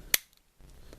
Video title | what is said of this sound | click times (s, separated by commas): Star Wars Micro Machines (Action Fleet) Gold Leader: Y-Wing Review | snaps back in | 0.1 s